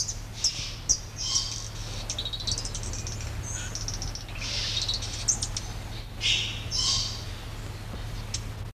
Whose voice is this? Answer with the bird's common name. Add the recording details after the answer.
Sparkling Violetear. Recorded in captivity. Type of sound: call. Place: Zoo Krefeld, Nordrhein-Westfalen, DE. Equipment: Halbspur, 9,5 cm/s. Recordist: Lütgens, Hans. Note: Rufe